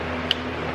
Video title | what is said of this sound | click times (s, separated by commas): Meso Customs Door Handle Covers to Eliminate the Chrome In the Toyota Tacoma | did hear just the slightest little click there | 0.3 s